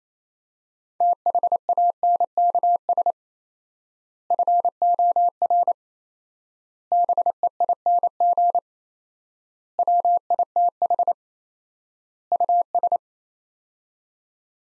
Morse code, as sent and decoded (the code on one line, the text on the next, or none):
- .... .- -. -.- ... / ..-. --- .-. / -... . .. -. --. / .-- .. - .... / ..- ...
THANKS FOR BEING WITH US